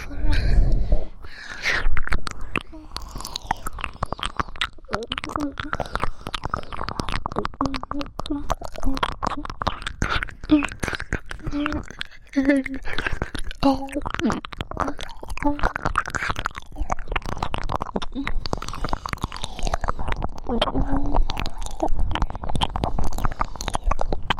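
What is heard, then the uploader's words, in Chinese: Wet mouth sounds of ear licking and kissing crackle almost continuously for the full length, dense and irregular. Soft breathy panting and murmured voice sit underneath, with a low rumble and a heavier thump near the start. 舔耳和喘气加亲亲。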